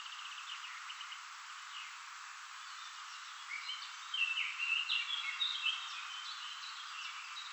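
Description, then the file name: Common chaffinch song: faint scattered notes, then a louder, rapid phrase in the second half, easing off afterwards. "Fringilla coelebs"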